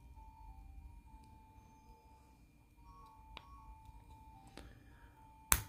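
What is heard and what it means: A plastic brick joint piece is worked onto a building-set figure, with faint ticks at 3.4 s and 4.6 s over a low steady hum. The piece finally seats with a single loud, sharp click at 5.5 s.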